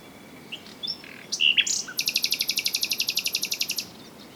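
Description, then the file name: Common nightingale song: a few scattered sharp notes, then a rapid trill of many repeated pulses lasting nearly two seconds. "Luscinia megarhynchos"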